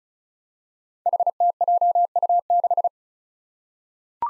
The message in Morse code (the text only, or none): HTJU6